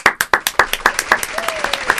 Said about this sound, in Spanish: Mire, se sumaron más aplausos.